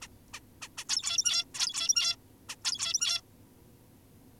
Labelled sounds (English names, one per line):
Zebra Finch